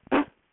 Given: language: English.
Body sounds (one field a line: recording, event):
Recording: throat vibration sensor signal played as sound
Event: cough